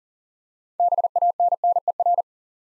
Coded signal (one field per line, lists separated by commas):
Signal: Morse code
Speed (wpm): 42 wpm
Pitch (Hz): 700 Hz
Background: none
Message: BANNER